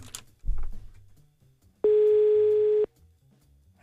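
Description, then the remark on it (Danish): A single steady telephone ringing tone of an outgoing call placed by the Danmarks Radio programme De Sorte Spejdere sounds for about a second, a flat mid-pitched electronic beep standing out loudly over faint background murmur, then cuts off abruptly. “Vi ringer fra Danmarks Radio, et radioprogram, der hedder De Sorte Spejder.”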